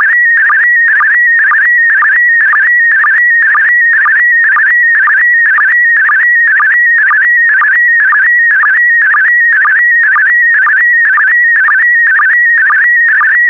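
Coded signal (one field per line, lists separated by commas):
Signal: SSTV (slow-scan television)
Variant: PD120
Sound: warbling tone sliding between pitches, with a sync chirp about twice a second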